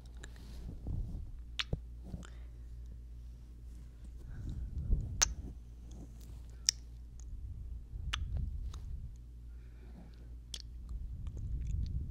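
Soft whispering and breathing fill the clip, with low, murmuring mouth sounds rising and falling throughout. Sharp little smacks and clicks, like kisses or lip pops, break through every second or two, a few standing out clearly near the start, middle and end.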